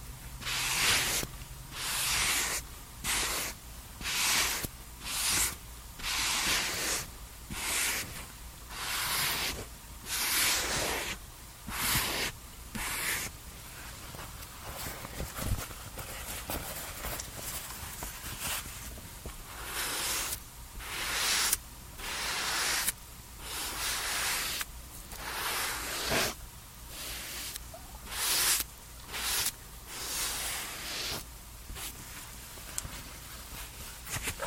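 Sounds from a summer skincare and makeup routine: a spray bottle hisses out short, bright mists again and again, roughly once a second for the first dozen seconds. After a quieter stretch around the middle, the bursts return, more spaced out. A faint low hum runs underneath throughout.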